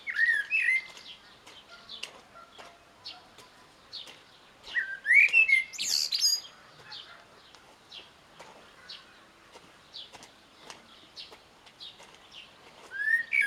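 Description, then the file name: Common blackbird song: repeated fluting whistle phrases with high squeaky endings, against a background of scattered clicks. "Turdus merula"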